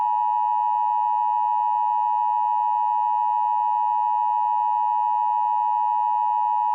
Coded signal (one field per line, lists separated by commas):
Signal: Emergency Alert System (SAME) tones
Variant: 853 and 960 Hz attention tone